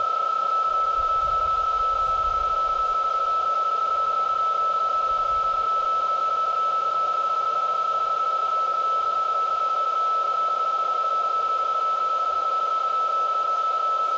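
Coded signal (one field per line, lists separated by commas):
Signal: PSK31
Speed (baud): 31.25 baud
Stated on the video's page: PSK31 sent during a Summits on the Air activation.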